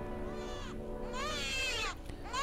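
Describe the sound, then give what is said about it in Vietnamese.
A newborn baby cries and wails in three loud, high-pitched bursts around a house late at night, each cry rising and then falling in a strained, quivering tone over a low, steady background drone. “Chỉ biết là cái tiếng trẻ sơ sinh kêu gào thảm thiết lắm, xoáy vào tâm hồn của mỗi người.”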